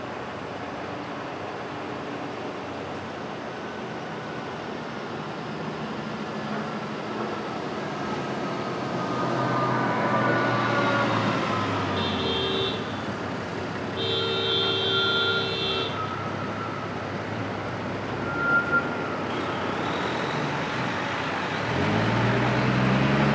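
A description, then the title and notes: Street traffic at dawn in Brooklyn, a steady low rumble of passing vehicles that swells as cars pass around ten and fifteen seconds. A high beeping tone sounds in short bursts near twelve and fifteen seconds, and a heavier vehicle rises at the end. Brooklyn Dawn, 4 - 17 - 20, Street Traffic II.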